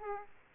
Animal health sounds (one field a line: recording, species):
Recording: mosquito wingbeat signal from an infrared sensor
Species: Aedes aegypti